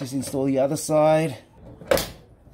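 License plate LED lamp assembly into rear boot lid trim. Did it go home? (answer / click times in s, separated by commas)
yes / 1.9 s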